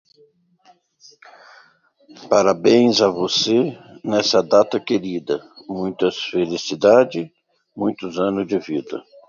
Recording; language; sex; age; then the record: short text; Brazilian Portuguese; male; 60 to 69 years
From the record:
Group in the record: control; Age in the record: 62 years